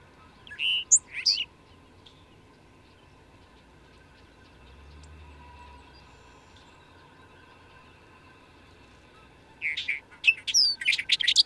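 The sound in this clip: Bird song: two sharp chirps at the start, a long quiet gap, then a fast flurry of high twitters in the last two seconds.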